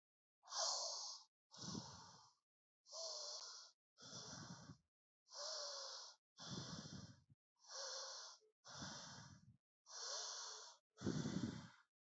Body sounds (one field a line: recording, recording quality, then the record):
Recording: deep breathing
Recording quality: excellent, no background noise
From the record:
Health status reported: healthy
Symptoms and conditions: none ticked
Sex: male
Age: 30 years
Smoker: yes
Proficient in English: yes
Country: India